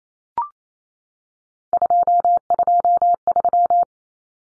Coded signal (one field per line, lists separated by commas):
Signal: Morse code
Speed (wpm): 28 wpm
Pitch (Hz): 700 Hz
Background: none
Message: 223